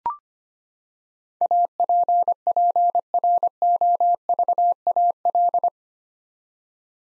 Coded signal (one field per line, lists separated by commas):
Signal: Morse code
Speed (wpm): 25 wpm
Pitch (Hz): 700 Hz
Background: none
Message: APPROVAL